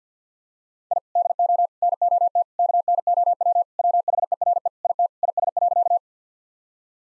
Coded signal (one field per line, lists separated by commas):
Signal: Morse code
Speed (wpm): 50 wpm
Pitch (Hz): 700 Hz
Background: none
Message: I DO NOT KNOW WHERE IT IS.